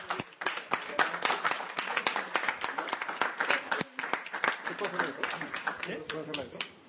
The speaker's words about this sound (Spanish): ¡Un aplauso!